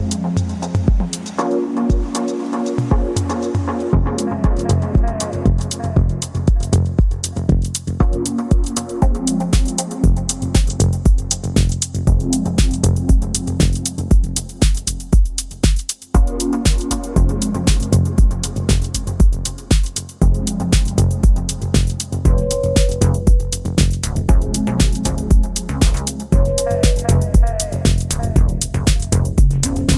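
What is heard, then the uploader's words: Rain on a foggy day in Koh Phangan falls in a dense, steady patter of crisp drops for the whole half minute. Beneath it runs a low, sustained tone that changes pitch every few seconds, with short higher notes near 22 and 26 seconds. RAINY & FOGGY DAY IN KOH PHANGAN.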